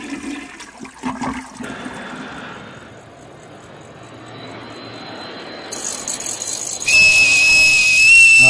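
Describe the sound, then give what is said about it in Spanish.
A shrill, steady blast from a small whistle sounds loudly near the end, held for over a second, after a stretch of rushing, flush-like noise with no talking. “Tengo miedo de tragarme el pito porque es tan chiquito.”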